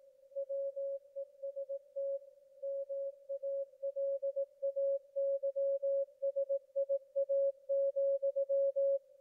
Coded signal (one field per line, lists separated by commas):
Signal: Morse code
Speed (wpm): 18 wpm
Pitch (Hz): 550 Hz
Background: none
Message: WEST MALAYSIA,